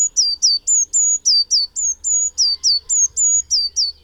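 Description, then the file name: Eurasian Blue Tit calling steadily, a fast unbroken string of very high notes, level whistles alternating with sharply dropping ones, about fourteen in four seconds. "Cyanistes caeruleus"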